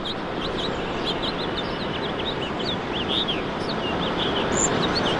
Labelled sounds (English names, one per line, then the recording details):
House Finch song
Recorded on Long Island, New York, on 21 March 2012
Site FL
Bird D